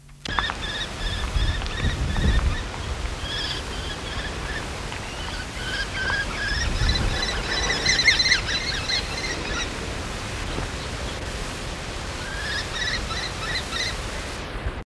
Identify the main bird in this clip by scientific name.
Falco tinnunculus